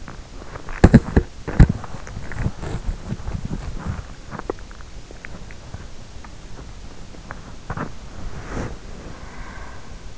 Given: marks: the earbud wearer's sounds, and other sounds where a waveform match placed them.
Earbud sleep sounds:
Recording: sounds in sleep by an in-ear microphone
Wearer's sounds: body movement, breath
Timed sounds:
0.00-10.18 s: body movement
9.14-10.18 s: breath

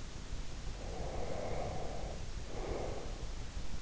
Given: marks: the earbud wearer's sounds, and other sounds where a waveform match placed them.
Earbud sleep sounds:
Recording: sounds in sleep by an in-ear microphone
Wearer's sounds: breath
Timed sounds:
0.77-3.29 s: breath

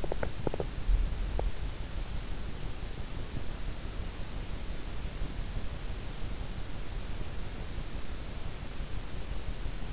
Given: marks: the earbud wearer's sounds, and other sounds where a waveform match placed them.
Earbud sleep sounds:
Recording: sounds in sleep by an in-ear microphone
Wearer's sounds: teeth grinding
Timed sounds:
0.00-0.97 s: teeth grinding

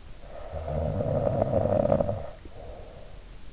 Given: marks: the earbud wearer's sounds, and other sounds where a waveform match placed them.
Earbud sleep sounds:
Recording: sounds in sleep by an in-ear microphone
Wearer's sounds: snoring breath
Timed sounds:
0.15-3.12 s: snoring breath

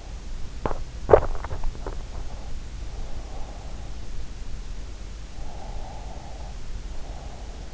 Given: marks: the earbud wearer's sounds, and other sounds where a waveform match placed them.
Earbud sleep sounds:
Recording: sounds in sleep by an in-ear microphone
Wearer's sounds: swallowing, breath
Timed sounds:
0.60-2.02 s: swallowing
5.51-7.52 s: breath

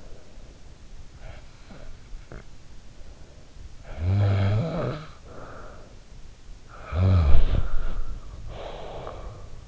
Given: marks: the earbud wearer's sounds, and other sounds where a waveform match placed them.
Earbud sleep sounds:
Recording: sounds in sleep by an in-ear microphone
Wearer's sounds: snoring breath, body movement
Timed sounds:
1.25-2.49 s: snoring breath
3.82-5.93 s: snoring breath
6.69-9.68 s: snoring breath
7.24-7.90 s: body movement

